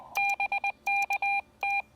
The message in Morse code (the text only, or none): BKT